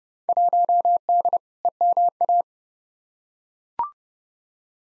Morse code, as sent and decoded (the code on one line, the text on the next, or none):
.---- -.. / . -- .-
1D EMA